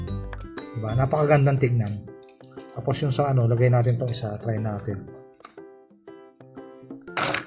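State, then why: Not seated. Someone handles the small door lock on a stackable plastic collector display box for toy cars such as Hot Wheels, Matchbox and model cars. Someone talks over background music, with a few brief sharp taps near the start and one at the very end. The lock has not snapped shut yet, and nothing has clicked or seated.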